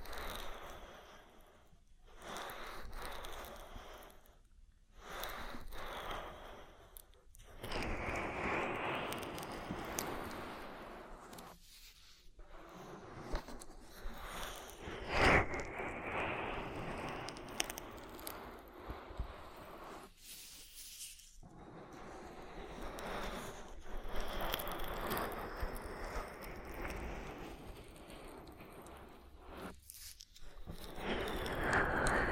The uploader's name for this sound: Oil Ear Massage